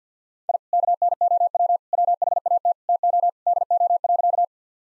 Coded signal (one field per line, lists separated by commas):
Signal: Morse code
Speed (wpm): 50 wpm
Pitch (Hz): 700 Hz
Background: none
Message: I KNOW WHAT TO DO.